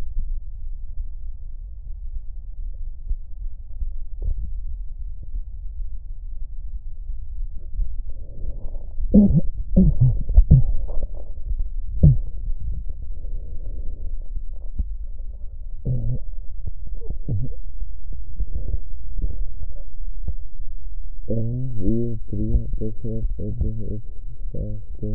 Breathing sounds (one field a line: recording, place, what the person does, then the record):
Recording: lung sounds by stethoscope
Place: left posterior apical chest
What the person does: quiet breathing, then cough and speech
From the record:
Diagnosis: none (healthy)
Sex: male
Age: 35 years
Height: 186 cm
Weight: 108 kg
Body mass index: 31.2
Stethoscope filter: extended mode